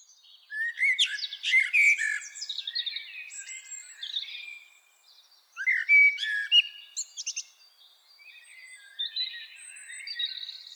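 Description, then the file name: Common blackbird song: two phrases of fluted notes sliding into high chattering twitters. "Turdus merula"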